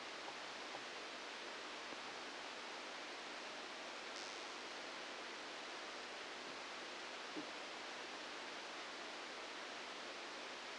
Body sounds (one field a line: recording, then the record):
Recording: brain microelectrode recording played as sound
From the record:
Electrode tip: outside the subthalamic nucleus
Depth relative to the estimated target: 4 mm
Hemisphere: left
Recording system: NeuroSet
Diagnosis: Parkinson's disease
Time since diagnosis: 9 years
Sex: female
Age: 51 years